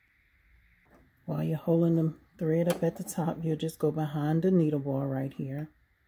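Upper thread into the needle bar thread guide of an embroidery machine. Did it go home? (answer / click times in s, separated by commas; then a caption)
no / none. Someone talks while threading a Brother PE 800 embroidery machine, holding the upper thread up at the top and guiding it behind the needle bar thread guide. Only the voice is heard, with no distinct handling sounds. Nothing has snapped or clicked into the guide yet.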